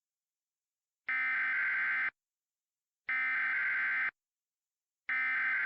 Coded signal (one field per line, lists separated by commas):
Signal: Emergency Alert System (SAME) tones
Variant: header bursts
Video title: *VALID TONES* Lake Michigan Tsunami (EAS Scenario)